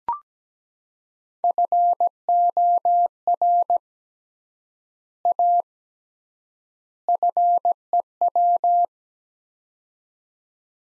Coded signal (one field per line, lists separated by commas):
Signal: Morse code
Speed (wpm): 17 wpm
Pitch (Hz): 700 Hz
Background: none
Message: FOR A FEW